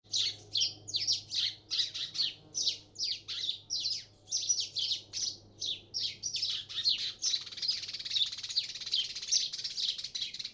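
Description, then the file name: House sparrow chirping, a rapid run of short bright chirps repeated about twice a second, growing denser toward the end, with a low steady hum underneath. "Passer domesticus"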